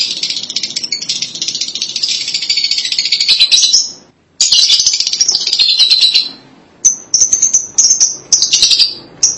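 Lovebird chattering in a continuous shrill, high-pitched stream with a brief pause, then separate piercing chirps toward the end.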